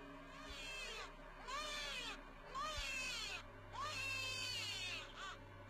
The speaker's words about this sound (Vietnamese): Rồi sau đó, ở ngay chỗ mép sông, vang lên tiếng khóc choe choé.